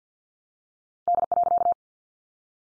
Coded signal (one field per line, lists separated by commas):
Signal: Morse code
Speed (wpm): 50 wpm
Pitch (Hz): 700 Hz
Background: none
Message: D.